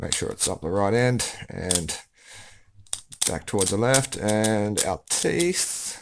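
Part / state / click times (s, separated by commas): plastic driver twisting onto the top's chassis and layer / not seated / none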